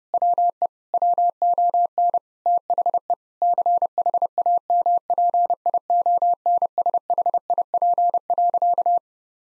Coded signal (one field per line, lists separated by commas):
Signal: Morse code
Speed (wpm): 32 wpm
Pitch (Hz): 700 Hz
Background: none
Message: WE WON THE CHAMPIONSHIP.